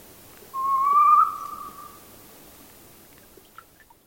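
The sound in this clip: Northern saw-whet owl call: one drawn-out whistle, slightly rising and then fading, over a quiet background.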